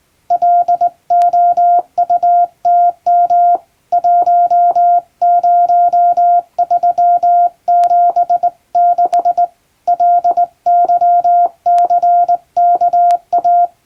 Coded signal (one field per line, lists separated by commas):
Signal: Morse code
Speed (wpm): 20 wpm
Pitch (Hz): 700 Hz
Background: none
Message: LOUTM 10376 LYCKA